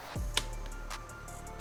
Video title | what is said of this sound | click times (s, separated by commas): BavSound Stage One Speaker Kit // How to Install | so that pops right in and now to route our wire through this piece | 0.4 s